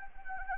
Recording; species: mosquito wingbeat signal from an infrared sensor; Anopheles arabiensis